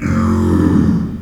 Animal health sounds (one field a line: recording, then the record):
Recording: squeal of a Yucatan mini pig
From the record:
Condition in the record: after surgery on the right vocal fold (resection and tissue-engineered implant)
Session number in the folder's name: 12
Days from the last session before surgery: 105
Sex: female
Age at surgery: 19 weeks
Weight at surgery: 25 kg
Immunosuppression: prednisolone